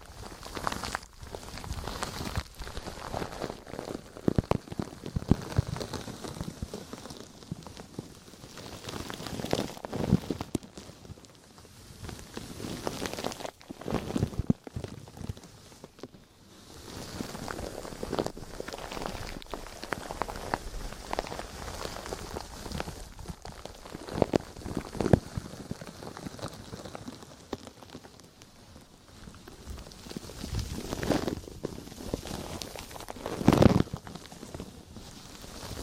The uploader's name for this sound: Deep Ear Crinkles, Clicky, Scratchy, Massage